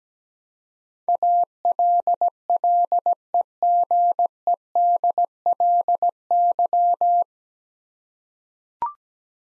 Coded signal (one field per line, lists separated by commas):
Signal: Morse code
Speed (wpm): 17 wpm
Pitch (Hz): 700 Hz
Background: none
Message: ALLEGEDLY